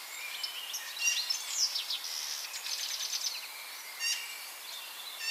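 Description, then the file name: European goldfinch giving high, liquid twitters and quick chirps in an irregular, chattering stream, with faint hiss behind. "Carduelis carduelis"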